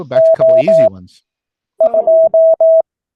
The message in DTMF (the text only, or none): none